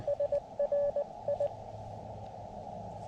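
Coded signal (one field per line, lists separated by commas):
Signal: Morse code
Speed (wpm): 19 wpm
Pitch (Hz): 570 Hz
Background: radio noise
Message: SRI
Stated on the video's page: CW summit activation on 40m, starting slowly and picking up toward the end.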